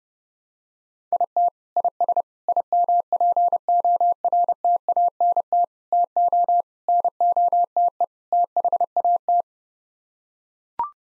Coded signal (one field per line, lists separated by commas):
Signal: Morse code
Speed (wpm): 30 wpm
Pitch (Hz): 700 Hz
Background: none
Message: IT IS IMPORTANT TO NOTE THAT